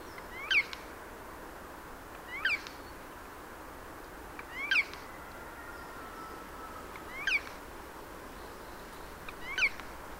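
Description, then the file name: Eurasian jay uttering five brief mewing calls, each a quick bent note, at fairly even intervals, with steady low hiss behind. "Garrulus glandarius"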